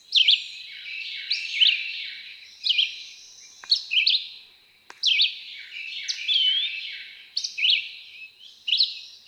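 Red-eyed Vireo song of varied, abrupt whistled phrases delivered one after another, each slurring up or down, with a couple of faint clicks in the background.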